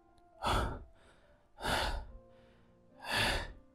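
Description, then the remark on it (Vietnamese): Three heavy, labored breaths from a man enduring torture and beating come at a slow, even rhythm, each a loud, rough rush of air with strained gaps between, and no talking. “Ông Phúc nghe rõ hơi thở của Khánh, biết Khánh đang phải chịu đựng sự tra tấn, đánh đập dã man của Hường.”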